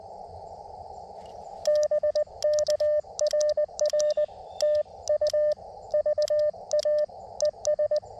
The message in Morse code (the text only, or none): BK RR TU VA ES